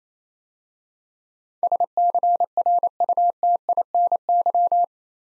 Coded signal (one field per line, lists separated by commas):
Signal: Morse code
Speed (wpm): 28 wpm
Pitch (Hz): 700 Hz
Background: none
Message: SCRUTINY